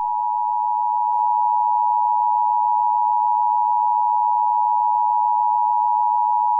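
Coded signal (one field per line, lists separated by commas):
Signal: Emergency Alert System (SAME) tones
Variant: 853 and 960 Hz attention tone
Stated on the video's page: SAME tones in a fictional horror EAS scenario.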